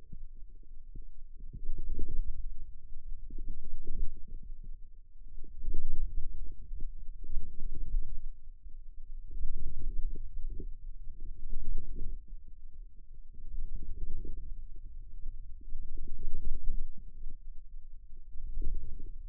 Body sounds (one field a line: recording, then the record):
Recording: forearm muscle sounds (acoustic myography)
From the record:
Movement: radial deviation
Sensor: system 2, bracelet of six BSWA MPA416 microphones around the upper forearm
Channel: 5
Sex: male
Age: 22 years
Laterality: right